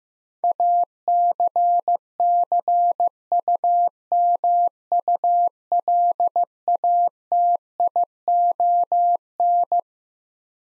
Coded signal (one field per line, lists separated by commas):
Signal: Morse code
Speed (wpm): 15 wpm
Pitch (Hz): 700 Hz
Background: none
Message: ACCUMULATION